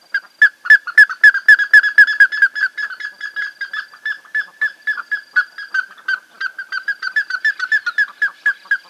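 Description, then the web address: Plumbeous ibis calling steadily with sharp, piping whistled notes, about four per second, in a long continuous sequence. "Plumbeous ibis. صدای-پرنده-اکراس-سربی"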